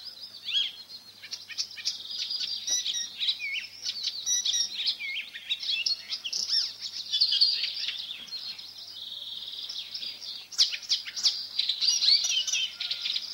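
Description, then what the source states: Icterine warbler song: a fast, near-continuous stream of varied high chattering, whistled and scratchy phrases. Song made up entirely of fragments borrowed from other birds; its own characteristic sound is a nasal 'pey'.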